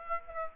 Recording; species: mosquito wingbeat signal from an infrared sensor; Aedes aegypti